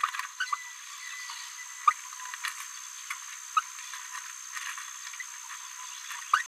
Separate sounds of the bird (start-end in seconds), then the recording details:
0.39-0.46, 0.52-0.56, 1.86-1.93, 2.43-2.50, 3.56-3.61, 6.33-6.43. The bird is a female. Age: 27 days. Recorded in a nest box in Venezuela. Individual 17B73B3